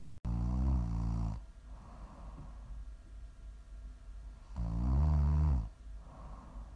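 Two loud, low-pitched, buzzing snores come about four and a half seconds apart, roughly 13 to 14 breaths a minute, with soft breathing noise between them. This is ordinary adult snoring during sleep, with a fairly steady rhythm.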